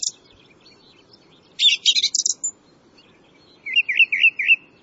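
Bird singing high, rapid twittering bursts followed by a wavering series of warbled notes, pauses between phrases, over a soft steady low hum.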